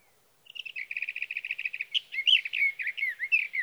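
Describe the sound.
Sage thrasher song opening with a fast, even chatter of repeated notes, then breaking into a varied warble of slurred, swooping phrases.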